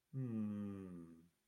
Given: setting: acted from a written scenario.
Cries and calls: vocal sound without words; serenity

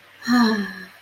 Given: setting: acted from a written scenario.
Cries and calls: vocal sound without words; contentment

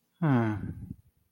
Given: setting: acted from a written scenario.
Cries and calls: vocal sound without words; disappointment

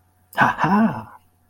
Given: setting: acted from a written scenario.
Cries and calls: vocal sound without words; elation

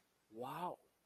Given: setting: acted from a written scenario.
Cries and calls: vocal sound without words; awe

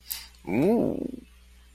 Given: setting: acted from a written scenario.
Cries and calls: vocal sound without words; contentment

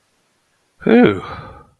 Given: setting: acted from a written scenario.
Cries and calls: vocal sound without words; relief

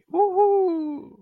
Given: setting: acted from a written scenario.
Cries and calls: vocal sound without words; triumph

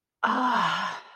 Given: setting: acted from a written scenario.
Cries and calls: vocal sound without words; romantic love

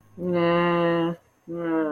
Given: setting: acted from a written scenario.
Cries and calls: vocal sound without words; guilt

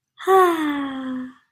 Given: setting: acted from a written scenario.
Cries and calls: vocal sound without words; serenity

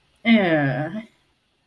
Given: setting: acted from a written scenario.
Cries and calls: vocal sound without words; disgust

